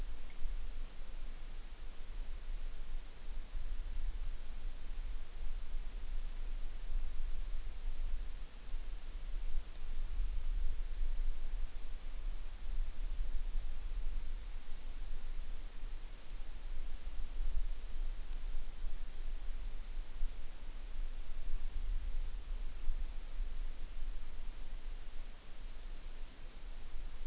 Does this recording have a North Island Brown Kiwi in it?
no